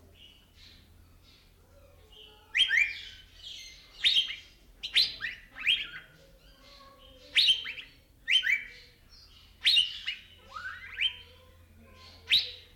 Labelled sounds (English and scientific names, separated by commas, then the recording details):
Asian Fairy-bluebird (Irena puella)
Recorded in captivity
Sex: male
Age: adult
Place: Zoo Berlin, Berlin, DE
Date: 1992-12-05
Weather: schwach sonnig, ca. 4°C
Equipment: Marantz CP 430, Sennheiser ME 80, Kopie Tesla B 116
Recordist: Tembrock, Günter